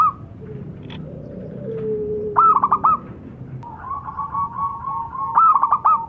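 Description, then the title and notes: Zebra dove with a bubbly, stammering coo phrase, then a softer level trill and another stuttering burst, over faint low rumble. Lure calls, cooing vigorously. "Pancingan Perkutut. Suara Burung Perkutut Gacor"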